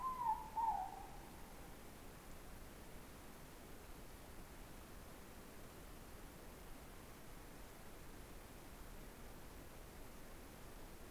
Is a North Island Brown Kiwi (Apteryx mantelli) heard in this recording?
no